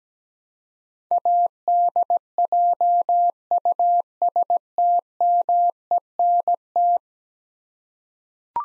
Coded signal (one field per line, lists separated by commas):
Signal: Morse code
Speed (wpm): 17 wpm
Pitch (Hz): 700 Hz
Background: none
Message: ADJUSTMENT